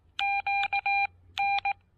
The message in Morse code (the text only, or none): QN